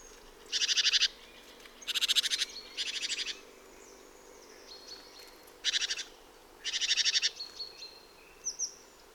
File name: Sikora bogatka